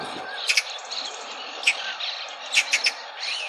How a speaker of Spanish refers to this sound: Ah, una picaraza. Urraca. Una urraca. Picaraza. Una urraca. Se llama picaraza en algunos sitios. Yo es la primera que lo escucho. Urraca común. Pica, pica.